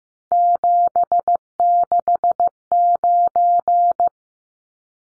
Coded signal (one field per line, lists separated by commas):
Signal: Morse code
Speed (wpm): 15 wpm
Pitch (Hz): 700 Hz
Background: none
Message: 769